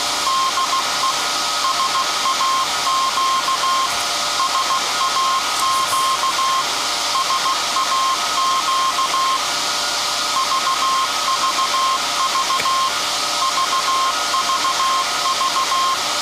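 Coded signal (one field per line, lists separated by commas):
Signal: Morse code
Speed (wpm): 15 wpm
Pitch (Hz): 1060 Hz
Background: none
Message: DE SAQ SAQ SAQ VVV VVV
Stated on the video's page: Alexanderson Alternator SAQ from 1924 at Grimeton, live startup and telegraphing of a message; no transmission over the antenna possible.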